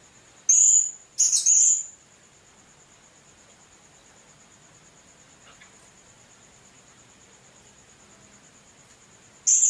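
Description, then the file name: Blue-crowned hanging parrot uttering two quick bursts of sharp, high chirps, then a long quiet stretch before another chirp at the end, a constant high tone throughout. "serindit"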